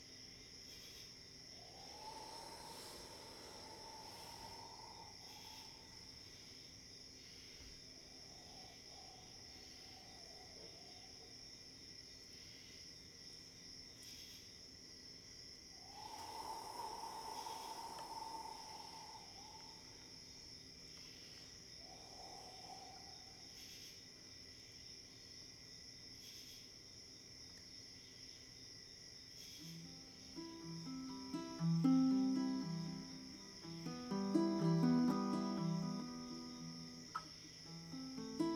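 Crickets chirp steadily throughout with a high, constant shimmer, while a soft, wavering voice-like tone rises and fades around 2–6, 16–19 and 22 seconds. From about 30 seconds, plucked strings enter with quick, repeating low-mid notes that grow louder toward the end.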